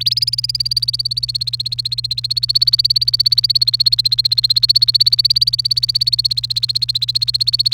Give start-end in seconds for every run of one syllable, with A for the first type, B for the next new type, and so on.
0.00-7.73 A